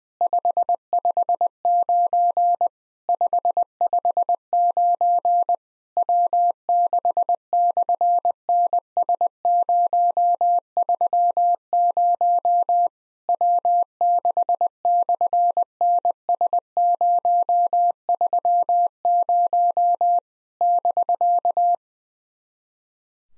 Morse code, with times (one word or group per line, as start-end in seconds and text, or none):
0.2-2.7 559
3.1-5.5 559
6.0-12.9 W6/NS030
13.3-20.2 W6/NS030
20.6-21.8 <BK>